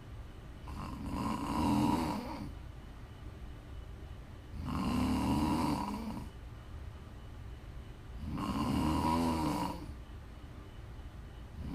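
Prime ASMR snoring from an adult sleeper: three long, loud, rumbling snores come about every three and a half seconds, with quieter breathing in between.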